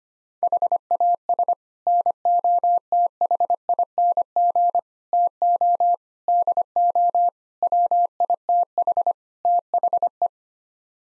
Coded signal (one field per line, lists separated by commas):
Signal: Morse code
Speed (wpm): 25 wpm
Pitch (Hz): 700 Hz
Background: none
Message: HAS NOTHING TO DO WITH THE